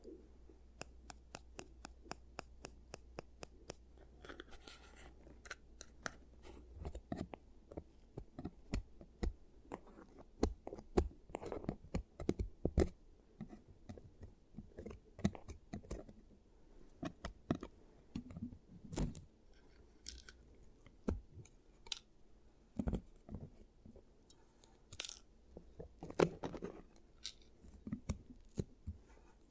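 ASMR dental-treatment sounds: rapid crisp clicks and taps throughout, some in quick bursts, with occasional brief scraping, over a faint steady low hum.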